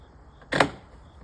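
On a 2011 Ford F150 rear door, the door switch wiring harness plug is pushed down into the window switch during a rear door wiring harness replacement. A sharp click at 0.5 s is followed by a louder snap at 0.6 s that fades quickly against quiet background noise. The plug seats in the switch.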